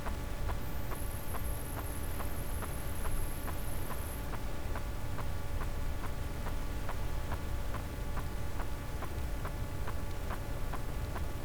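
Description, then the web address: Sperm whale producing a long, steady train of sharp clicks over a low background rumble, with a high tone early on. "Physeter Macrocephalus cachalot"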